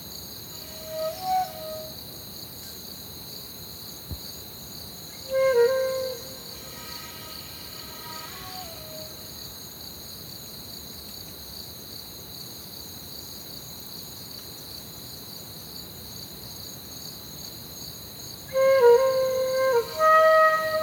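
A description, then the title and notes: Crickets chirr in a steady, dense, high-pitched drone that runs unbroken through the whole night scene. Over it, short bursts of tonal calls, possibly a bird or frog, come near the start, around five to eight seconds, and again near the end. Crickets Under Stars. One take, no edits, just some compression and a touch of reverb added.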